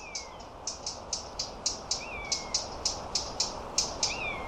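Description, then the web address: European robin giving a rapid series of sharp ticks, with occasional thin, drawn-out high whistles over a hissing background. "Deverinetal 2025 File origin Bird Only Er Ru"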